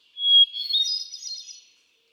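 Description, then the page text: Hermit thrush song: a long, pure whistled opening note followed by a higher, rapid, fluty warbling flourish that fades out. Male singing on 13 June 2006 at Quabbin Park, Ware, Massachusetts; cycles through a repertoire of about ten different songs. "Birdsong for the Curious Naturalist. Hermit thrush. A truly gifted and inspiring songster. Can you hear how he cycles through his repertoire of about ten different songs? June 13, 2006. Quabbin Park, Ware, Massachusetts"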